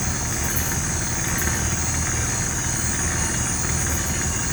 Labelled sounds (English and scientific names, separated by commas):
none